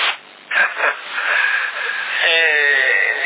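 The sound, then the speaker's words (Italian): A long, drawn-out yawn: a breathy inhale that swells into a voiced, moaning sigh toward the end, lasting about three seconds with no other talk. “Lo sbadiglio è maledetto”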